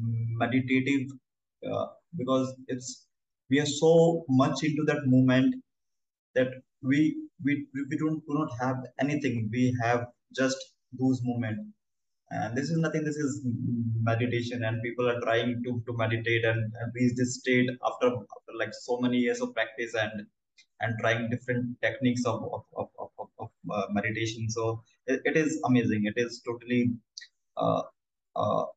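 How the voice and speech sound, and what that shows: A 26-year-old man who stammers, speaking Indian-accented English. His speech has repeated words ('we we we', 'of, of, of, of'), stretched vowels, pauses and fillers ('uh'), typical of stuttering. His stammering began late, around age 8 or 9, and he has never had speech therapy.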